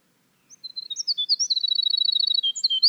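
Winter wren song: a long, high, fast-tumbling run of sharp notes, including a steady, rapidly pulsed trill, starting after a short silence.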